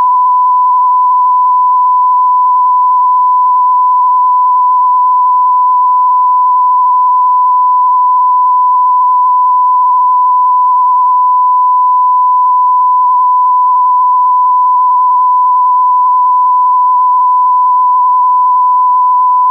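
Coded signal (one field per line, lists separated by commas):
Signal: radio time signal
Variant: TDF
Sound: a steady unbroken beat tone around 1 kHz with slight wavering, no distinct ticks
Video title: TDF "France Inter" Time Signal, Allouis France - 162 kHz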